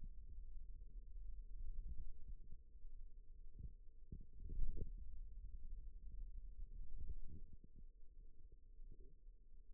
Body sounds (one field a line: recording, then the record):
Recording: forearm muscle sounds (acoustic myography)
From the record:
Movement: radial deviation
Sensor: system 2, bracelet of six BSWA MPA416 microphones around the upper forearm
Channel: 4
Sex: male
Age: 22 years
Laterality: right